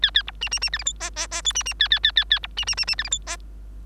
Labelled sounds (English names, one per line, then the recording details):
Bengalese Finch song
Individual Bird3